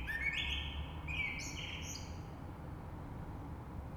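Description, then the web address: Common blackbird song: a brief mellow whistled phrase that breaks into a higher squeaky twitter, then fades out. Recorded 3 March 2020. "oiseaux Rush Merle 3-3-2020"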